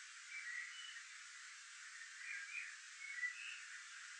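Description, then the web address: Eurasian golden oriole song, soft fluting whistled phrases coming in short bursts over a constant hiss. Recorded at Wiesloch. "Wiesloch. Pirol Gesang"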